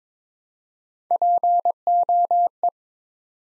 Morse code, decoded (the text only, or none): POE